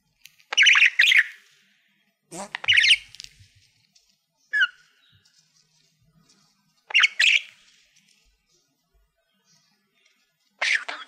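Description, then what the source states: Budgerigar squawks, short harsh bursts spaced a few seconds apart with silence between them. Budgie making happy sounds.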